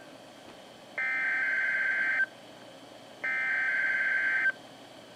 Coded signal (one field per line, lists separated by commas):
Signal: Emergency Alert System (SAME) tones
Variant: header bursts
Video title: Harris Nuclear Power Plant Test (EAS #25)